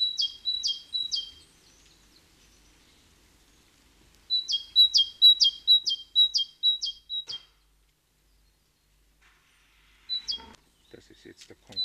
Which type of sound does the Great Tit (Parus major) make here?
song